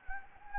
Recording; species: mosquito wingbeat signal from an infrared sensor; Anopheles gambiae